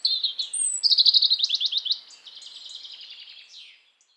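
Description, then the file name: European robin singing a bright burst of rapid repeated trilled notes, followed by a softer, fading twitter and a final short descending note, then quiet. "Erithacus rubecula"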